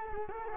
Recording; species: mosquito wingbeat signal from an infrared sensor; Culex quinquefasciatus